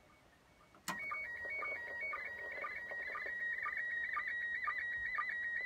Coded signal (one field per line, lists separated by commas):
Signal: SSTV (slow-scan television)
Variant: PD 120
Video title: Les Grandes Oreilles ISS et la SSTV g